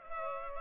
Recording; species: mosquito wingbeat signal from an infrared sensor; Culex pipiens